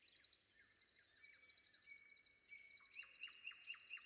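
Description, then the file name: Common nightingale song: a drawn-out level whistle followed by a quick run of five loud repeated notes, with other birds chirping faintly behind. Sung before dawn. "predawn nightingale"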